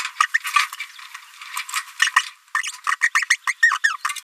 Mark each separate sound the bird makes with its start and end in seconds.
0.20-0.26, 0.34-0.38, 0.80-0.84, 2.02-2.09, 2.63-2.72, 2.89-2.96, 3.02-3.10, 3.15-3.24, 3.30-3.37, 3.47-3.53, 3.62-3.78, 3.84-3.96